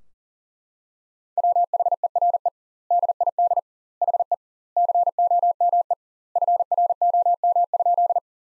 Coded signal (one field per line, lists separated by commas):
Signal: Morse code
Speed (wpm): 40 wpm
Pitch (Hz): 700 Hz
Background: none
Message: WHERE DID HE COME FROM?